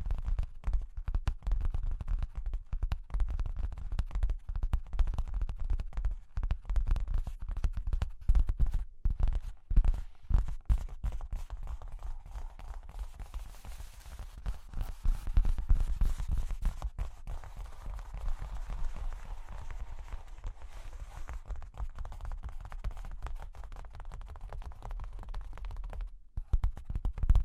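Cork and wood tapped and scratched in dense, irregular clusters of dull knocks and rough rubbing, steady throughout with a brief pause near 26 seconds.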